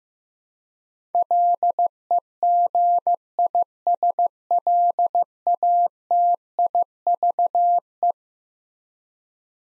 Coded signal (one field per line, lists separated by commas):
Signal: Morse code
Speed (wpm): 15 wpm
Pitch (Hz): 700 Hz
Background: none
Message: LEGISLATIVE